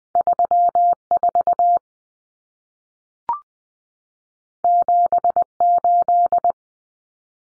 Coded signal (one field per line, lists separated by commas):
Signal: Morse code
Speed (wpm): 20 wpm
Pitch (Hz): 700 Hz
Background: none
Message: 34 78